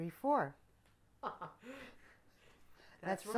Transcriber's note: he laughs